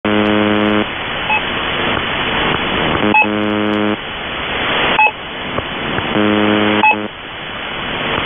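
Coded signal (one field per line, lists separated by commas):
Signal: channel marker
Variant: UVB-76 (The Buzzer)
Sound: low harsh buzz bursts about every two seconds, short beeps between, radio hiss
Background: radio static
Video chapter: 00:00 - Kerro Marker, Kerro on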